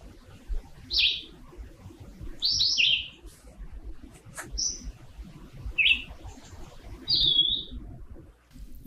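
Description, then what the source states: Red-eyed vireo song: a series of short whistled phrases separated by brief pauses over several seconds. Recorded June 1, 2020 in Washington County, Minnesota; second most observed sound in Minnesota in June; prolific singers.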